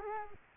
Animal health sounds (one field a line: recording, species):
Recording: mosquito wingbeat signal from an infrared sensor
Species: Culex quinquefasciatus